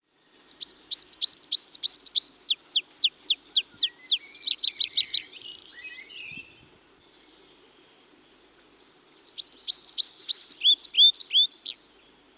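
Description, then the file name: Tree pipit song: a fast series of sharp high chirps that speed into a buzzy trill, a pause of a few seconds, then another rapid chirping phrase. "Tree Pipit (Anthus trivialis)"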